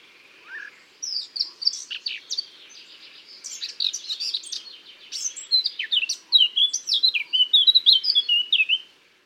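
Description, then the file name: Eurasian blackcap song, beginning with quiet chattering subsong and building into a loud, rich warble of quick varied notes. "Sylvia atricapilla"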